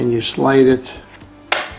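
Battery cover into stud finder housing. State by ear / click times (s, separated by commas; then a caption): seated / 1.5 s. Someone talks while sliding the plastic battery cover of a Franklin Sensors ProSensor M210 stud finder to the left into the housing. One sharp click is heard at 1.5 s as the cover locks in place.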